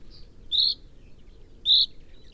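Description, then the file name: Common chaffinch giving a faint call note, then two louder, sharp ones about a second apart over low background noise. "Fringilla coelebs"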